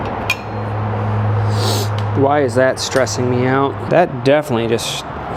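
A brake rotor bolt on a Honda XR150L is tightened into the wheel hub threads with a torque wrench set to 11 ft-lb. A sharp metallic hit at 0.3 s marks the threads in one bolt hole giving way, after which the bolt keeps spinning. Someone then talks over a steady low hum, and the bolt is confirmed stripped.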